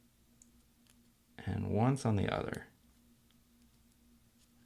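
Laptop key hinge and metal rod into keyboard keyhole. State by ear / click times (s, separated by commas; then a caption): seated / 0.4 s. The second side of a left Command key's hinge and metal rod is pressed down into the keyboard keyhole of a mid-2010 13-inch MacBook Pro 1278 (2.66 GHz, MC375). It snaps in with a sharp click at 0.4 s, followed by fainter ticks around 0.9 s and 3.3 s. Someone talks in the middle, and the hinge is seated.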